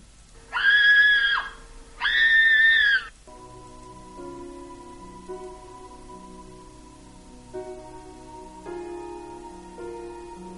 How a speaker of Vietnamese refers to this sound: Lạc Uyển sợ quá, hét to lên một tiếng rồi bỏ chạy ra ngoài.